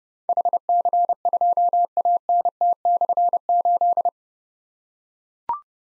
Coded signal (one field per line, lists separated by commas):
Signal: Morse code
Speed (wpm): 30 wpm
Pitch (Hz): 700 Hz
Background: none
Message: HC2ANT/8